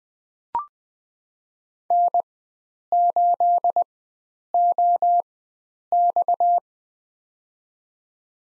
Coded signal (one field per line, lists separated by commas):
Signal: Morse code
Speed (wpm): 20 wpm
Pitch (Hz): 700 Hz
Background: none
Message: N8OX